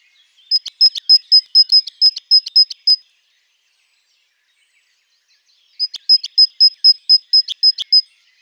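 Bird giving a trill of evenly spaced, high, clipped notes on one pitch, about a dozen per burst, in two bursts separated by roughly three seconds of silence.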